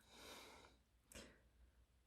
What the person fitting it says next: make sure you hear that little lovely little click